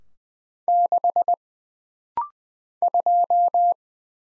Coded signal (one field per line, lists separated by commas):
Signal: Morse code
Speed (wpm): 20 wpm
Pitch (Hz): 700 Hz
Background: none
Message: 6 2